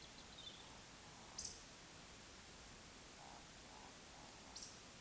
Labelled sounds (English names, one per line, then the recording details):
Eurasian Woodcock whistle
Eurasian Woodcock croak
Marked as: whistle, whistle, croak, croak
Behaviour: display flight
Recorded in Baden-Württemberg, Germany, on 2 June 2020 at 20:04 UTC
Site 46190, 1214 m above sea level